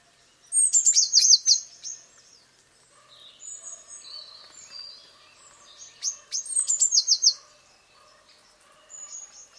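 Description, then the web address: Eurasian blue tit song, high notes running into a fast trill, given twice, with softer chirps from other birds in the background. "cianscape birddata Deverinetal 2025 File origin Bird Only Cy Ca"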